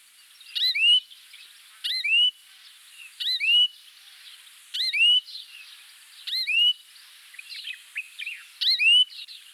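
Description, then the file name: Rufous-tailed scrub robin singing a repeated short phrase of swooping whistled slurs, six times, with faint softer notes between. "Cercotrichas galactotes Agrobate roux"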